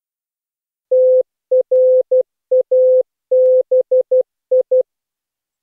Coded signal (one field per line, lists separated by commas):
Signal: Morse code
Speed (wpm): 16 wpm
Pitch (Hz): 510 Hz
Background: none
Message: TRABI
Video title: Daily Minutes, December 1, 2015, without the Contestia.